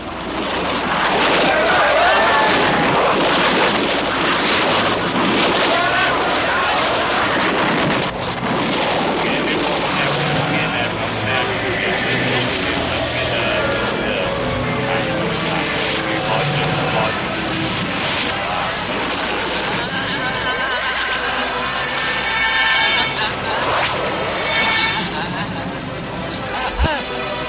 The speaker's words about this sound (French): on entend une voiture qui explose et des flammes.